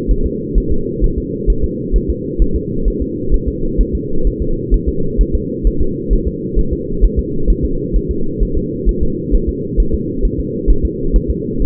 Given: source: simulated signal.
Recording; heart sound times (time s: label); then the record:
fetal heart sounds
0.11 s: S1
0.26 s: S2
0.58 s: S1
0.72 s: S2
1.04 s: S1
1.18 s: S2
1.50 s: S1
1.64 s: S2
1.96 s: S1
2.10 s: S2
2.42 s: S1
2.56 s: S2
2.88 s: S1
3.02 s: S2
3.34 s: S1
3.48 s: S2
3.81 s: S1
3.95 s: S2
4.27 s: S1
4.42 s: S2
4.74 s: S1
4.89 s: S2
5.21 s: S1
5.35 s: S2
5.67 s: S1
5.81 s: S2
6.13 s: S1
6.27 s: S2
6.59 s: S1
6.73 s: S2
7.04 s: S1
7.19 s: S2
7.50 s: S1
7.65 s: S2
7.96 s: S1
8.11 s: S2
8.43 s: S1
8.57 s: S2
8.89 s: S1
9.03 s: S2
9.35 s: S1
9.49 s: S2
9.80 s: S1
9.94 s: S2
10.25 s: S1
10.40 s: S2
10.70 s: S1
10.85 s: S2
11.16 s: S1
11.30 s: S2
11.62 s: S1
From the record:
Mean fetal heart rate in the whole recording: 130 bpm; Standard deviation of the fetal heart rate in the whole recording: 2 bpm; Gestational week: 36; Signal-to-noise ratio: -8.1 dB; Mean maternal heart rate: 72 bpm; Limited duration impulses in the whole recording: absent